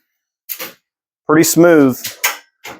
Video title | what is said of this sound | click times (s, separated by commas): Custom Cargo Drawer Slide | and then it locks in the outward position so again if your vehicle's on a slope it doesn't roll back into the vehicle when you're trying to load and unload tools or access your stuff | 0.5 s